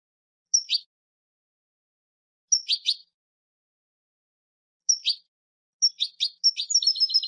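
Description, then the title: Goldfinch giving short, sharp double chirps spaced about two seconds apart, then breaking into a quick, tinkling twittered phrase at the end. "Jilguero"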